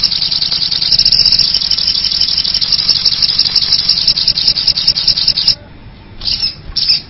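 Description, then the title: Little spiderhunter giving a long, rapid series of thin high chips, then a pause, then a couple of short high bursts near the end. Bird-luring sound (pikatan). "master pikatan burung sogok ontong"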